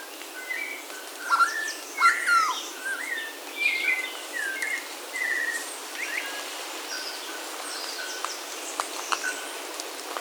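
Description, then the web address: Bird calls, a burst of whistled notes and slurs in the first half, fading to scattered faint chirps, over steady hiss. "BIRD 2015 SABIOD"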